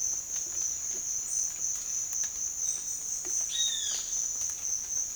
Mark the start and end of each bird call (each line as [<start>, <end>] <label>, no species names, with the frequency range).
[3.52, 3.98] bird call (1.3-5.4 kHz)